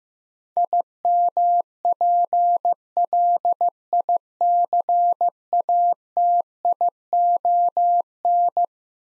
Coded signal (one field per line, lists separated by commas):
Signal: Morse code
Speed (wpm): 15 wpm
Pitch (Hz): 700 Hz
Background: none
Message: IMPLICATION